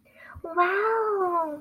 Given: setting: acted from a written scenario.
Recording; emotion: vocal sound without words; adoration